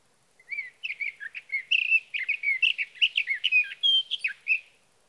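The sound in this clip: Sage thrasher song, a long unbroken run of rapid, warbled and slurred phrases lasting about four seconds, with a quiet background.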